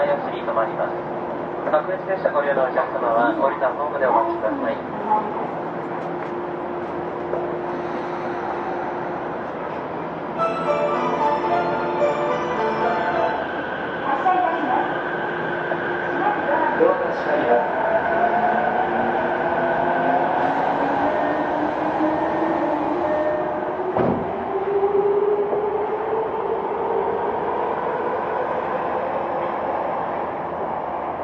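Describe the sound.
A Tokyo Metro 05 series wide-door train runs with a steady rumble and a constant motor whine under it. Rising and falling pitched tones sweep through as it changes speed, a brief rattling burst comes around ten seconds, and faint voices mix in.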